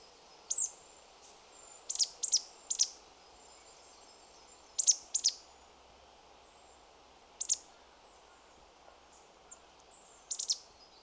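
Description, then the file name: Marsh tit giving sharp, very high, clipped call notes, mostly in quick pairs or threes with short pauses between, against a quiet hiss. "Poecile palustris"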